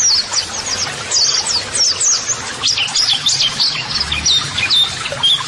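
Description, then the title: White-eye song: busy, high chattering twitters and whistled slurs. Pleci singing actively ('gacor'), offered as a 'masteran' model song for training birds to answer, and as 'audio terapi'. "Pleci Gacor. JAMIN LANGSUNG NYAUT MASTERAN AUDIO TERAPI PLECI TERBARU"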